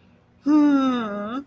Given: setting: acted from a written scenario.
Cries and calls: vocal sound without words; relief

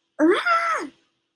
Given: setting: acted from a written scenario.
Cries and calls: vocal sound without words; fear

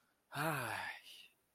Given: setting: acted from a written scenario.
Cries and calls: vocal sound without words; contentment

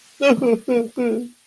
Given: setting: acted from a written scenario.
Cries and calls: vocal sound without words; sadness

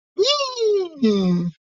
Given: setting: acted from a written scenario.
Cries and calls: vocal sound without words; elation

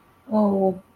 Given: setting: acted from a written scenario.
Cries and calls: vocal sound without words; shame

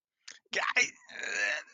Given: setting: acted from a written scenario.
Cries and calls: vocal sound without words; pain

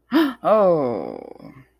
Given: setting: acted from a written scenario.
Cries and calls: vocal sound without words; negative surprise

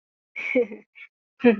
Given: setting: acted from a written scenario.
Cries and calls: vocal sound without words; sympathy

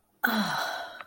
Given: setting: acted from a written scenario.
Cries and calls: vocal sound without words; contentment

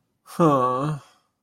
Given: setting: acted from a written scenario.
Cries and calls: vocal sound without words; disappointment

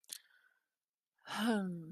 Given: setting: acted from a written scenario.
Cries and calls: vocal sound without words; contempt

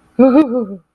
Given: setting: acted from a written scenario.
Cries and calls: vocal sound without words; fear

